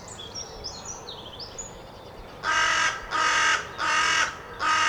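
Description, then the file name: Carrion crow: small birds twittering high and thin at first, then a carrion crow breaks in with four loud, hoarse caws in a steady sequence. "Corvus corone"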